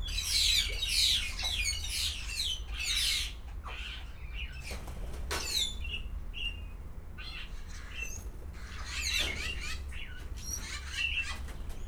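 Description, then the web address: Grey parrot chatter: loud raspy squawks at the start, sparser short whistles and clicks mid-way, then more squawking bursts, over a low background hum. Captive birds at a zoo in Szeged, recorded 2011. "szegedizoo. jakopapagaj"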